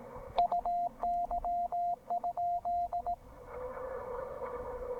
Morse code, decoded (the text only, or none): UY?